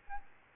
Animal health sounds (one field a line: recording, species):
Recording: mosquito wingbeat signal from an infrared sensor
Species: Aedes albopictus